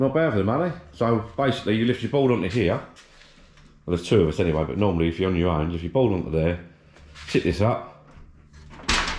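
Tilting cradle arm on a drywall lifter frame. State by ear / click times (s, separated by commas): seated / 8.9 s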